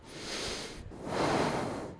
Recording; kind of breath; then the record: one breath in and out by a microphone near the nose and mouth; deep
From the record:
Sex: male